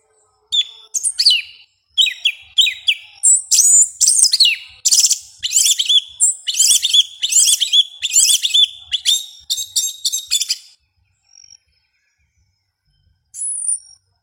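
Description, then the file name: Yellow-legged thrush pouring out a long, fast sequence of high, twittering, sliding notes, falling silent near the end before one last thin phrase. "Canto do sabia una"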